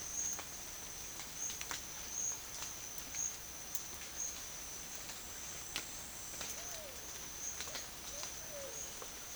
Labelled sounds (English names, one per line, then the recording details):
Pale-vented Pigeon
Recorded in pastures near Puerto Asís, Putumayo, Colombia, on 30 June 2025 at 12:30
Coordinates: 0.502, -76.324
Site G010